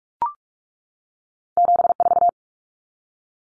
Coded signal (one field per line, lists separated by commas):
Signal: Morse code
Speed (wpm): 44 wpm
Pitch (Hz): 700 Hz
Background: none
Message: 74